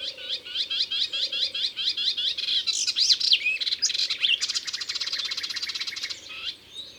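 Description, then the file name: Melodious warbler song, opening with rapid repeated chirps then running into a hurried, varied babble of high twitters and buzzy trills; a low hum pulses underneath. Recorded in Ardèche. "Hypolais-Polyglotte Ardeche"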